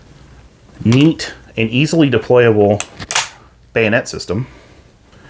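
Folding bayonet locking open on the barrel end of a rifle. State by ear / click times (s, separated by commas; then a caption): not seated / none. A folding bayonet on the barrel end of a rifle is handled while someone talks. Nothing has snapped into place yet: the bayonet has not locked into its open position and no click is heard.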